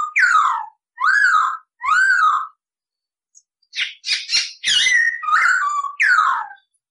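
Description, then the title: Masked laughingthrush song: three loud slurred whistles, a pause, then a burst of harsher chattering notes mixed with whistles. Cage-bird training recording of a bird singing persistently (gacor). "SUARA BURUNG POKSAY HONGKONG GACOR"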